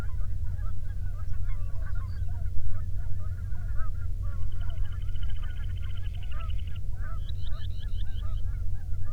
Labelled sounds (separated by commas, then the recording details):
songbird, waterfowl, man-made sound
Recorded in the Prudhoe Bay oil fields, Alaska, on 13 June 2019 at 00:09
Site 24